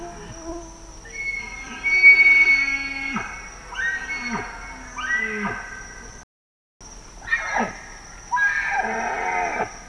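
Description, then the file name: Bactrian deer bugling: several long, high, harmonic calls ending in steep downward drops, then two harsh, noisy bursts after a short gap. Male. "Cervus elaphus bactrianus 1 male"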